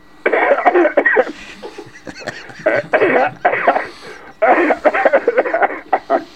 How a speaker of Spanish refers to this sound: Bueno, a ver esas toses que nos había prometido. ¿Eh? A ver esas toses que nos había prometido. A ver si me salen un poco.